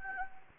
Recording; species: mosquito wingbeat signal from an infrared sensor; Anopheles gambiae